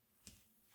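A Primer counter's flat ribbon tab is slid, tab facing out, into its holder connector on the mechanism. A single short click is heard at 0.3 s, and the tab is confirmed seated.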